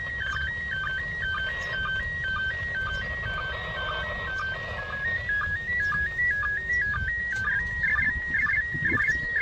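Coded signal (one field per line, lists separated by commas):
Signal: SSTV (slow-scan television)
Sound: warbling tone, steady around 1.9 kHz, broken by rapid chirpy steps about twice a second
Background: radio static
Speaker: this was a pretty impressive receipt when you think about it uh considering that it's now close to 40 degrees in altitude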